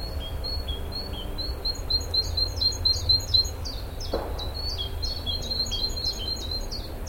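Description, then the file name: Great tit singing a steady run of high, sharp two-note phrases repeated evenly throughout, with a single knock midway and a low background hum. "Parus major"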